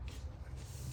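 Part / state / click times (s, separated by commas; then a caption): connector safety lock tab on alternator wiring connector / not seated / none. Someone works the plastic alternator wiring connector, with its connector safety lock tab, into place on a 2013 Chrysler 200, producing low rumbling handling noise with a brief soft transient near 0.1 s. Nothing has seated or clicked yet; the connector is not yet home.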